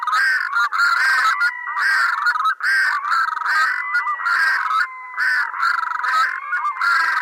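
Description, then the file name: Red-throated loon display calls, a steady pulsing series of harsh nasal notes with drawn gliding tones alongside, continuing with hardly a break. Display call, recorded at Isdammen. "SMÅLOM-DISPLAY-ISDAMMEN-SNI"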